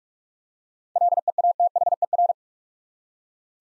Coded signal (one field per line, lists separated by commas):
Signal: Morse code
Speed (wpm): 44 wpm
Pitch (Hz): 700 Hz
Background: none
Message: LEATHER